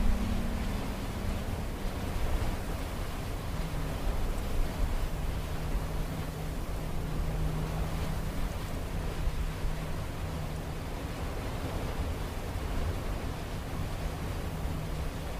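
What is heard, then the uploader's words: A storm roars on without pause, a thick, even wash of rushing wind and rain weighted toward a deep rumble. A low droning hum fades in and out beneath it, strongest early on and again around the middle, while the overall loudness barely shifts. Waiting out the Storm: ambient soundscape.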